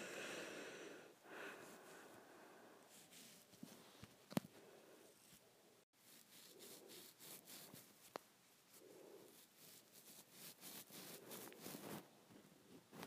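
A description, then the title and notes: Hair being handled, with repeated brushing and rubbing strokes that come in quick bursts throughout. The sound is bright and scratchy, with softer swishes between, a few sharp clicks near four and eight seconds, and a brief silent gap just before six seconds. ASMR Hair Play.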